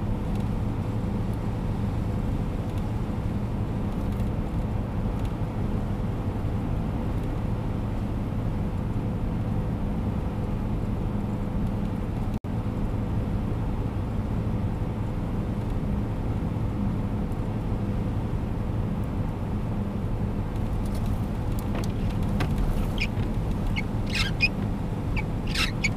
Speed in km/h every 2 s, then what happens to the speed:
109, 110, 109, 110, 110, 109, 111, 110, 111, 110, 110, 109, 108.
0-26 steady at about 110.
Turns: none.